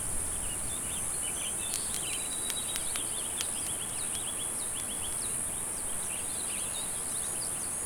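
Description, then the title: Cicadas hold a steady high-pitched drone while birds chirp busily, a few sharp clicks sound in the first half, and low rumbling noise runs underneath. "neoscenes: cicadas"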